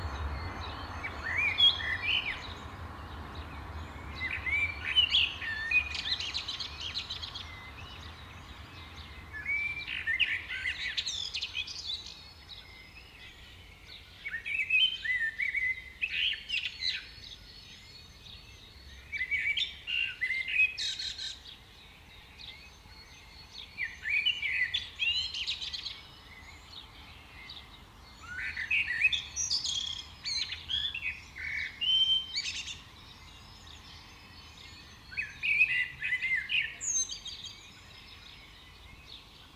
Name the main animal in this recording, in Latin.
Turdus merula